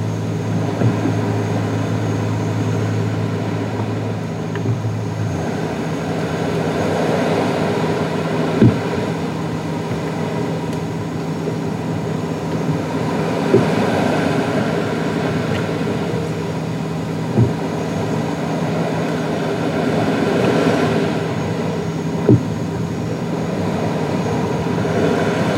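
A steady, low hum fills the inside of a sailboat at night, with a deeper drone that drops away after about five seconds. Soft washes of water swell and fade, and a few sharp knocks or creaks land around 9, 14, 17 and 22 seconds.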